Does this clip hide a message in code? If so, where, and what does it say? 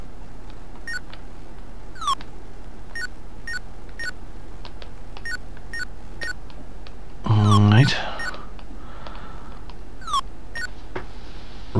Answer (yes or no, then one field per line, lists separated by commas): no